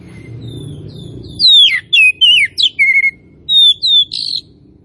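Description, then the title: Oriental magpie-robin song of clear whistled notes, downward slurs and short scratchy chips, given in a quick run after a soft low hum. Singing vigorously (gacor); Tretes. "Kacer Tretes"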